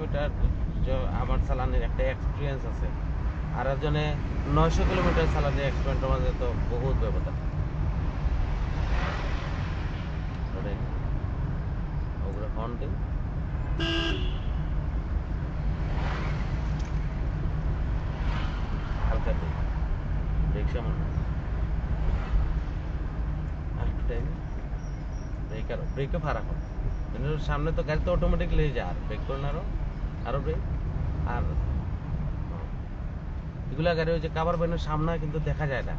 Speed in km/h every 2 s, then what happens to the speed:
26, 24, 27, 29, 28, 28, 27, 27, 29, 29, 31, 32, 33, 33, 29, 29, 29, 27.
0-26 steady at about 28. 26-36 slows to 27.